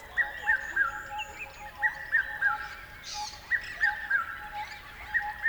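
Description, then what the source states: Bird calling in clipped three-note phrases that step downward, repeated steadily, with a pulsing background tone and one brief rushing burst midway. River at dawn.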